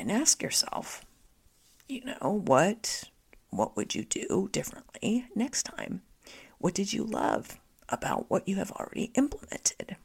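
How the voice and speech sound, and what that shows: A woman speaks in fairly fluent phrases with long pauses, her voice turning creaky and tight on several vowels, with abrupt glottal catches and devoiced word endings. This fits spasmodic dysphonia, a neurological voice disorder in which involuntary vocal fold spasms interrupt voicing; it developed in the first quarter of 2023, following a period of extreme tiredness.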